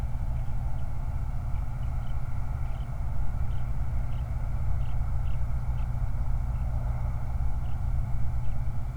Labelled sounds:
songbird, vehicle

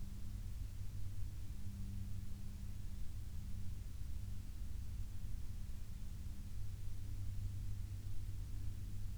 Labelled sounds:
aircraft

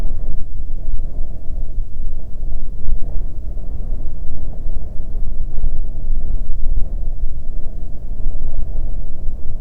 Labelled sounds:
wind

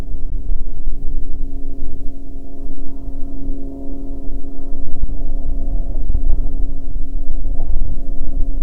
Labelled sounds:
aircraft

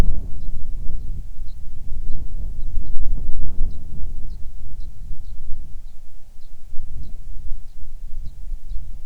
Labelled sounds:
bird, wind

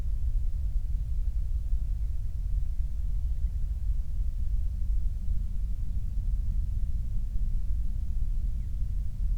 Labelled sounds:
wind

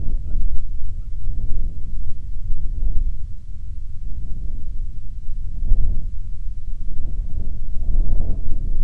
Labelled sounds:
bird, wind

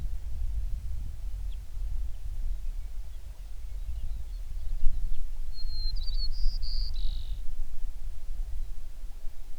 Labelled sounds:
songbird

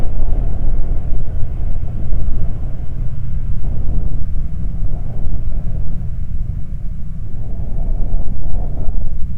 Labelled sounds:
wind

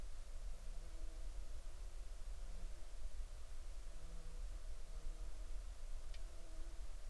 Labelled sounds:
near silence

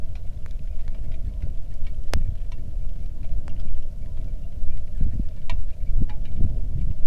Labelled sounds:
wind, rain

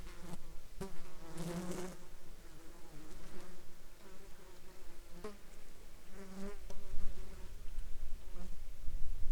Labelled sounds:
insects

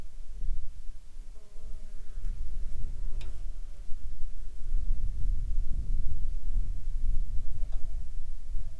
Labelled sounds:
wind, insects

